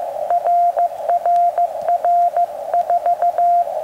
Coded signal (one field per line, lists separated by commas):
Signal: Morse code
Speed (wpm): 15 wpm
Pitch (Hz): 700 Hz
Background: radio noise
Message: RRR 4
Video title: Fältdygn 1 Telegrafi (CW)